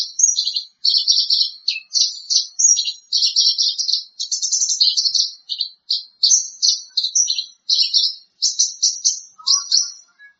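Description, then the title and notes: Bird song of rapid high chirps and short twittered phrases, steady and nearly continuous, with a faint lower note near the end. "Bird Sound. Kicau Burung Lengkap"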